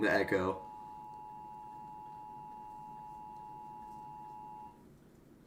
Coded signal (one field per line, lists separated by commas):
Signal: Emergency Alert System (SAME) tones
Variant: 853 and 960 Hz attention tone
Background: speech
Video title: watching eas scenarios (request in chat- try some new creators)